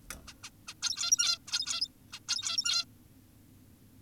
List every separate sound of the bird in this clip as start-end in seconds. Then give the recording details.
0.28-0.34, 0.44-0.50, 0.68-0.74, 0.83-1.38, 1.48-1.88, 2.13-2.20, 2.28-2.85. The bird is an adult. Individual g17y2U